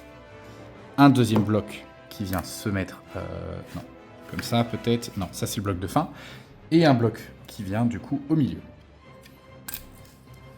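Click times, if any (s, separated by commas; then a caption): 9.7 s. Someone talks over background music while fitting the middle block of a 3D-printed resin/plastic wargame fortress wall between the other two blocks. A sharp click at 9.7 s marks the block clipping into place, seated in the fortress wall assembly.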